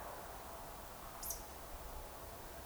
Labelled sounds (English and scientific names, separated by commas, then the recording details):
Eurasian Woodcock (Scolopax rusticola) whistle
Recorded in Baden-Württemberg, Germany, on 29 June 2020 at 02:28 UTC
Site 43791, 788 m above sea level